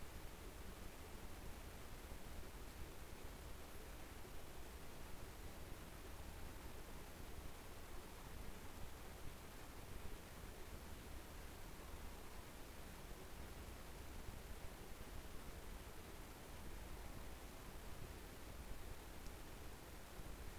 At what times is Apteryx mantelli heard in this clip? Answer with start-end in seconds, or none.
none